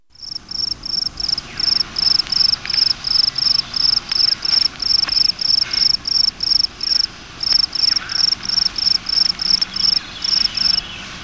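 Cricket chirping: steady, high, pure pulsed chirps repeated rapidly with brief pauses, over a faint background hiss.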